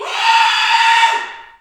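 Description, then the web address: Kudu scream, a single strained, harsh bellow held steady for over a second before fading, rich in layered overtones. Bull, screaming. "Spectrasonics - Heart of Africa 1 Partition C 07 KUDU FX BULLSCREM"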